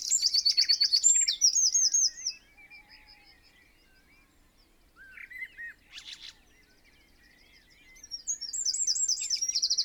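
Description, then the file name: Eurasian wren: a fast, strident run of repeated high notes, then a lull with softer chirps, then the vigorous trilling song resumes. "Troglodytes troglodytes"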